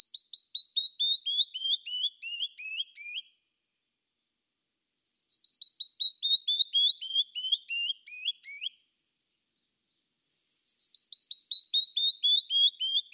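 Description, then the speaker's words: Canyon Wren song: a cascading series of clear, sweet whistled notes descending in pitch, given three times with short pauses between. Song cascades and reverberates off rocky cliffs and slopes; heard year-round throughout Utah and neighbouring states, particularly in canyons with rocky walls. "but it belts out a cascading song big enough to reverberate off the rocky cliffs and slopes"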